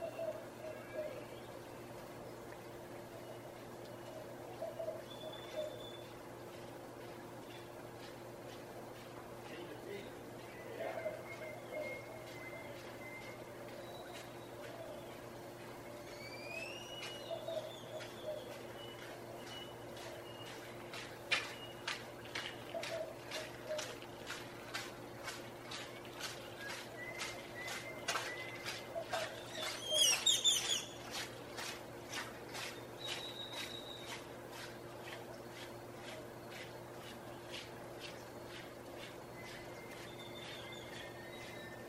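Early morning on a balcony above the Placencia Sidewalk in Belize: a steady low hum runs throughout while birds give short whistles and chirps. From about 20 to 31 seconds a fast, regular ticking sounds, with a bright chirping burst near 30 seconds.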